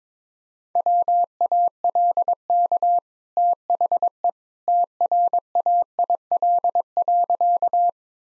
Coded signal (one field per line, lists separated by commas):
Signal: Morse code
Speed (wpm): 22 wpm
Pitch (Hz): 700 Hz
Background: none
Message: WALK THE TRAIL.